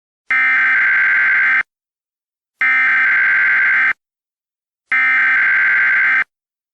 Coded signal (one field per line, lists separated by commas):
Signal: Emergency Alert System (SAME) tones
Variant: header bursts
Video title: EAS Scenario: Integrated